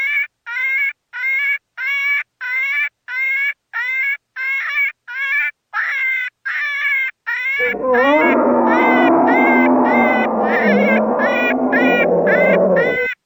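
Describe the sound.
Cottontail rabbit calls: harsh, harmonic squeals repeated roughly every two-thirds of a second, joined halfway by a loud, broad rushing noise that continues to the end.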